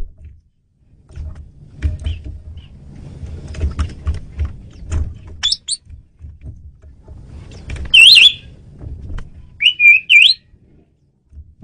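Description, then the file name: Asian pied starling calls: two loud, harsh, twisting whistled phrases near the end, after faint chirps, over a low rumble. Female bird used as a lure (pemikat). "jalak suren betina pemikat"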